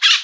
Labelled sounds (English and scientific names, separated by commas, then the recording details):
Brown-throated Parakeet (Eupsittula pertinax) contact call
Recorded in Aruba
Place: Cunucu Arikok, S side of Ceru Arikok
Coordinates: 12.502, -69.950